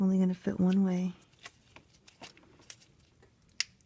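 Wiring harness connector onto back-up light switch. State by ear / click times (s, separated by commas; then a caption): seated / 3.6 s. Someone talks, then faint handling ticks follow as the wiring harness electrical connector is pushed onto the new back-up light switch on a Toyota Matrix/Corolla manual transmission, replaced because of no or flickering reverse lights. A sharp, loud snap at 3.6 s marks the connector latching, and it is seated.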